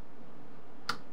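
A deadbolt latch bolt is thrown into the bored hole in the door, and a sharp click at 0.9 s marks it fully extended and locked. A softer tick follows at 1.1 s, and no one talks.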